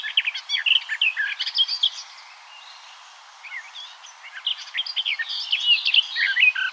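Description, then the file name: Eurasian blackcap with a rapid, scratchy warble, a brief lull, then another busy run of mixed chattering and sweeter notes. "Sylvia atricapilla"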